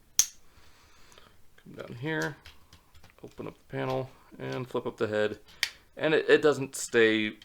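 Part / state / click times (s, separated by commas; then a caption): plastic arm parts into the robot toy's body / seated / 0.2 s. Plastic arm parts of a plastic transforming robot toy are pushed all the way down into the toy's body and snap into place with a sharp, loud snap at 0.2 s. A couple of faint small clicks follow around 1.1 s, and then someone talks.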